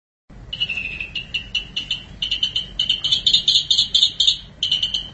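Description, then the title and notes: Long-tailed Shrike song, a fast series of harsh repeated notes that grows louder midway, followed by a short pause and more notes. "Pentet 201703. Suara burung pentet"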